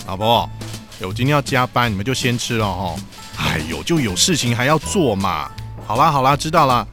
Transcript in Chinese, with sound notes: 老婆喔！我今天要加班，你們先吃吧！ (不耐煩) 唉呀！就還有事情要做嘛！好啦！知道啦！